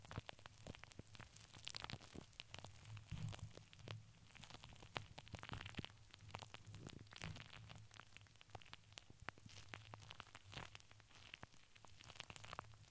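Plastic and paper crinkle and tap in a dense, irregular stream of sharp clicks and crackles, with brushing textures between them. The crackling keeps up across the whole stretch with no real pause. A low, steady hum runs underneath throughout.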